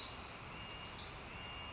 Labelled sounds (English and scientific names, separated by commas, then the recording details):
Pacific Wren (Troglodytes pacificus)
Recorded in Sonoma County, California